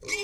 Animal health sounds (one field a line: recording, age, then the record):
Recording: pig call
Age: weaner (32 to 43 days)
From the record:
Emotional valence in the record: negative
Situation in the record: short isolation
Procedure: open field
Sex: female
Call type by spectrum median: high-frequency call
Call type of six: high-frequency stable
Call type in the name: high-frequency stable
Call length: 0.24 s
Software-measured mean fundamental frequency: 442 Hz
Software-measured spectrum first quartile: 1701 Hz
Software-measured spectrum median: 2582 Hz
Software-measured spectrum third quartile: 5274 Hz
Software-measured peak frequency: 2269 Hz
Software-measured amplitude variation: 151 dB a second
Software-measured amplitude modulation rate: 10.5 a second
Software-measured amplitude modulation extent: 14.4 dB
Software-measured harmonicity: 5.7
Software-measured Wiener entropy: -2.76